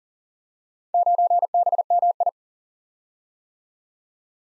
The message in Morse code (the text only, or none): 9BMI